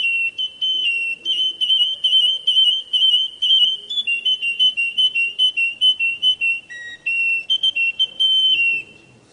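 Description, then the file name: Atlantic canary delivering rapid rolled whistles, a fast pulsing series of bright tones at one high pitch, briefly dropping lower before resuming the roll. Domestic canary of the Russian type. "kenarirusia omkicau"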